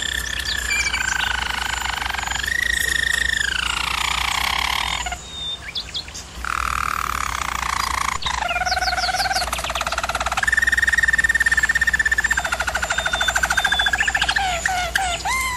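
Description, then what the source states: German Roller canary singing smooth rolled trills that slide down in pitch, a brief quieter break, then more rolls at differing pitches, including a flat, steady one. German Roller canary singing, used for training canaries.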